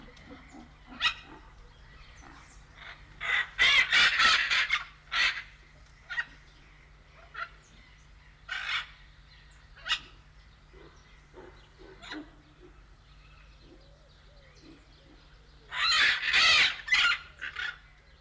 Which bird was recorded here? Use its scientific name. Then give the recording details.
Ara rubrogenys. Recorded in captivity. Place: Zoo Magdeburg, Sachsen-Anhalt, DE. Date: 1995-04-05. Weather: heiter, 8°C. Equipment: Marantz CP 430, Sennheiser ME 80, Kopie Uher Variocord 263. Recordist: Tembrock, Günter